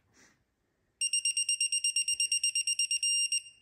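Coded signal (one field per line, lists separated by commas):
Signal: none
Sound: torque wrench angle beeps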